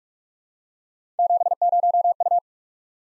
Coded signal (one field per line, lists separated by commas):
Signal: Morse code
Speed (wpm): 47 wpm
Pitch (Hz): 700 Hz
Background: none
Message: 70U